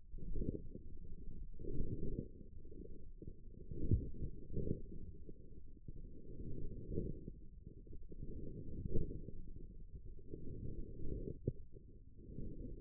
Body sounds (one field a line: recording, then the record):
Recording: forearm muscle sounds (acoustic myography)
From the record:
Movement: forearm supination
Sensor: system 1, eight BSWA MPA416 microphones around the upper forearm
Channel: 7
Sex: male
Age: 28 years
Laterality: right